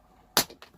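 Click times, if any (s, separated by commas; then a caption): 0.4 s. An aluminum hollow ball is pressed into the plastic rod end of a push rod on a 1/16 Traxxas Slash RC car, pushed down against the counter. A sharp, bright snap at 0.4 s is followed by a fainter tick at 0.6 s. The ball snaps in and is seated in the rod end.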